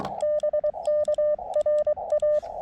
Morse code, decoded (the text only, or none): BK RA